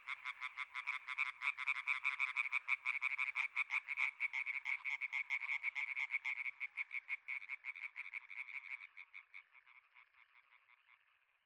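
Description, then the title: Chorus of European tree frogs: loud quick croaking pulses from several frogs that thin out and fade toward the end. Chorus, intense activity, at Etang des Marguilliers pond in Sologne, France, recorded 21 May 1993 at night, one hour after dark. "Choeur de rainettes en Sologne"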